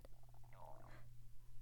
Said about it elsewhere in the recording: Apparently hungry, if you can hear my stomach rumbling.